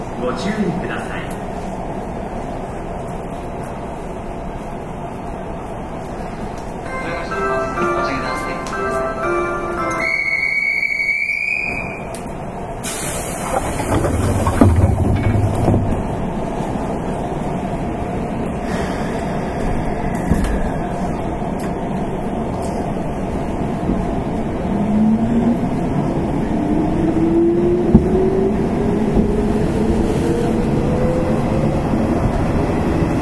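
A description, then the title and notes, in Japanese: Running noise recorded aboard a Nishitetsu 8000 series express train on the Omuta Line: a steady, dense rumble with a constant hiss throughout. A bright tone sounds around ten seconds, a louder surge follows near fifteen, and a rising whine climbs late in the clip. 西日本鉄道 8000系電車の走行音です。この列車は、観光列車『水都』でした。It is running noise of Nishitetsu 8000 series train.I recorded on the express train of the Omuta Line.The section is from Fukuoka to Kurume.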